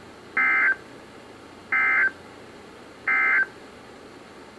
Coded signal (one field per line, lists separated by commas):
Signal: Emergency Alert System (SAME) tones